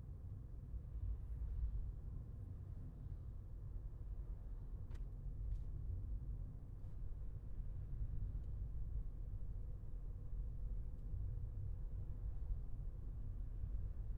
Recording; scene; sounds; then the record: everyday scene through a hearing-aid microphone; in a vehicle; engine, highway traffic jam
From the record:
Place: Skoda Fabia, gasoline engine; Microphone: behind the ear, left, rear